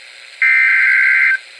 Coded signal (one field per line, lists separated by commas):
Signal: Emergency Alert System (SAME) tones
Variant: header bursts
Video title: Areal Flood Warning #2 (EAS #148)